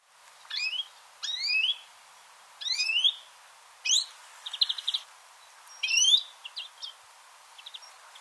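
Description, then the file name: European greenfinch giving a series of sharp, sweeping notes, interspersed with short buzzy chattering bursts. "Chloris chloris"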